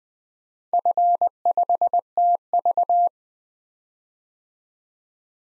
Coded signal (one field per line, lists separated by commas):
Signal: Morse code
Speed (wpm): 20 wpm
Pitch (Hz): 700 Hz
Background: none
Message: F5TV